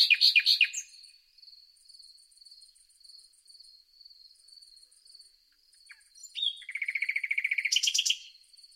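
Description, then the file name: Common nightingale song: an opening burst of harsh notes, then after a pause a fast, even, rattling trill of repeated notes, with continuous insect buzzing behind. "Luscinia megarhynchos"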